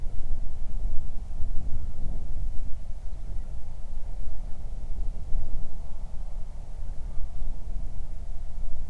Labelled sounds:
bird
wind
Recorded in the Prudhoe Bay oil fields, Alaska, on 31 July 2019 at 07:33
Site 24

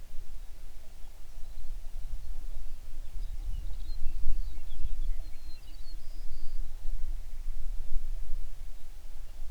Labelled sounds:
songbird
shorebird
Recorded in the Prudhoe Bay oil fields, Alaska, on 11 June 2019 at 05:02
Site 21

